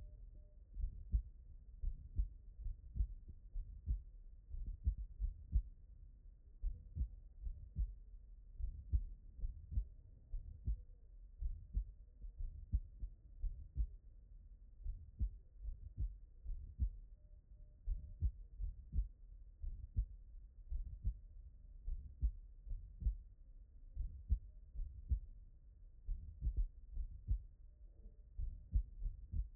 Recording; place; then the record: heart sounds by stethoscope; pulmonary valve (PV)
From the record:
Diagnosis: non-HFrEF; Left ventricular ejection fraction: 44%